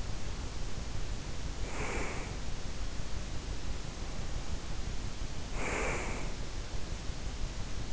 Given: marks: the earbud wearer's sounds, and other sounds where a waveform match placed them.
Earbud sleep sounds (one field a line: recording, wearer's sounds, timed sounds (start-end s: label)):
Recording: sounds in sleep by an in-ear microphone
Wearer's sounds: breath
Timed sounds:
1.36-2.50 s: breath
5.39-6.43 s: breath